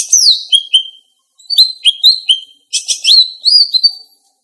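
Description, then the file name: Greater green leafbird song: three quick phrases of very high twittering and sweeping whistles, with short silences between. Female. "cucak ijo betina"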